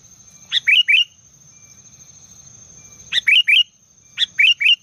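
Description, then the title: Sooty-headed bulbul song: three short bubbly phrases of a few notes each, separated by pauses, over a steady high-pitched whine and a low rumble. "Kutilang"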